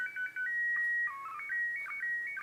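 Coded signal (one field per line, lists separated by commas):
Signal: SSTV (slow-scan television)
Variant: PD 120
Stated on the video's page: SSTV images transmitted from the International Space Station on 145.800 MHz, receivable with a simple two-meter radio or scanner.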